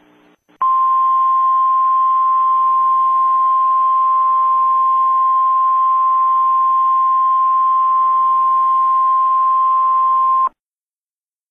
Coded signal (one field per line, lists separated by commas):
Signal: Emergency Alert System (SAME) tones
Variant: 1050 Hz attention tone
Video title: A Nuclear Missile EAS: Scenario 1,000 Nukes